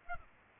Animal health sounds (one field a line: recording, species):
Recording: mosquito wingbeat signal from an infrared sensor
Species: Aedes aegypti